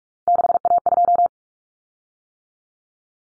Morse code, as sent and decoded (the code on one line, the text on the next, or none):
-.... .- ..---
6A2